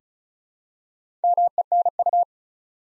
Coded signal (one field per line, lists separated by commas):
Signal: Morse code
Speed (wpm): 36 wpm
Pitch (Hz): 700 Hz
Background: none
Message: MENU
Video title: Easy Words with Hints - 35wpm